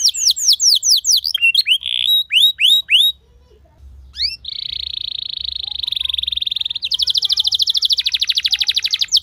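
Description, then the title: Canary song: quick downslurred chirps, a pause, a long steady note, then a dense rapid high trill. Canary song with fast, dense chirping, used as a lure to teach young canaries to sing. "Kenari Gacor Speed RAPAT Cuit Cuit Ngero L Suara Bagus Untuk Pancingan Kenari Paud Belajar Bunyi"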